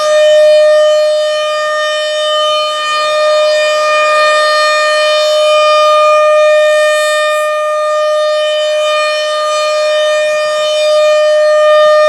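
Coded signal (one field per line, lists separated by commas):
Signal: siren signal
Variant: RM-130 siren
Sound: loud, steady, unbroken siren wail at one pitch, swelling gently as it rotates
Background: outdoor ambience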